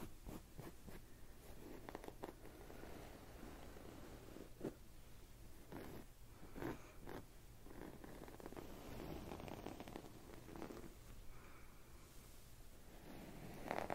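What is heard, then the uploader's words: Hands move in layered, soft rustling and scraping sounds, with a low steady murmur underneath. Brief sharper brushes and taps stand out every second or two, notably near 4.5, 6.5 and the very end, over a dense, even texture. ASMR Pulling Your Stress Away (layered sounds & hand movements).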